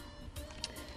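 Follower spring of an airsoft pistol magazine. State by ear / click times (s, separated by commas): seated / 0.6 s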